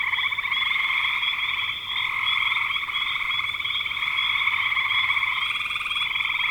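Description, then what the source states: Frogs in full chorus, buzzy pulsed trills layered into a constant hum, briefly softer near two seconds. Frogs recorded in spring 2025.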